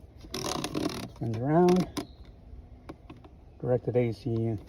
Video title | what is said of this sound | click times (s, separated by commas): Dashboard Vent Replacement - 2011 Ford F150 XLT | line up up lines up snaps right in | 0.3 s